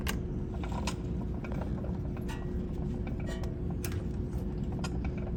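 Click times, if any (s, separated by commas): none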